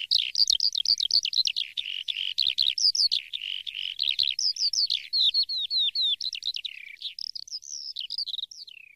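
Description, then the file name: Lark song of rapid chattering and warbled whistles, easing into slower, clearer slurred notes and ending with a descending note. Masteran recording, used to train songbirds to copy song. "masteran untuk lark"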